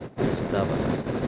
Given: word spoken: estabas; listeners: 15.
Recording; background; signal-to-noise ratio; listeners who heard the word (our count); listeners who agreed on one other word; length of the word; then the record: one Spanish word in noise, from a listening test; noise modulated by three-talker babble; -6.5 dB; 4 of 15; 8 of 15; 0.87 s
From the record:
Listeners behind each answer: 8, 4, 1, 1, 1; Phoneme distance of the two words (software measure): 7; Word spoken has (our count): 3 syllables, 7 phonemes, stress on syllable 2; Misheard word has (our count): 3 syllables, 6 phonemes, stress on syllable 2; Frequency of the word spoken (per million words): 9.77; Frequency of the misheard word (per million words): 613.58